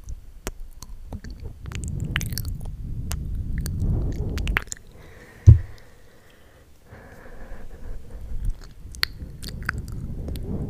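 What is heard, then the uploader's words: Wet mouth sounds of lipgloss being applied: sticky smacks and small clicks scattered over soft low rustling. Near the middle the rustle drops out, a single sharp tap lands around five and a half seconds, then the moist clicking resumes. Tingly mouth sounds (lipgloss application, breathing sounds, kisses etc.)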